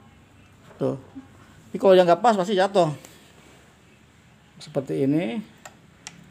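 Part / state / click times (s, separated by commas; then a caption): bobbin case into sewing machine hook/shuttle / seated / 5.7 s, 6.1 s. Someone talks while the bobbin case of a portable sewing machine is pushed into its hook/shuttle holder. Two short, sharp metallic ticks follow at 5.7 s and 6.1 s as the bobbin case clicks into place and is seated.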